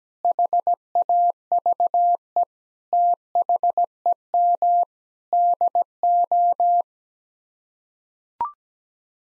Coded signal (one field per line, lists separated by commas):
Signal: Morse code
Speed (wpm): 17 wpm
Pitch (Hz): 700 Hz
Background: none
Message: HAVE THEM DO